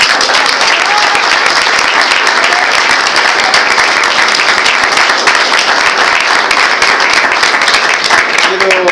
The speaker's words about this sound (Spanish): así que bueno, a todos ellos creo que se merece un aplauso.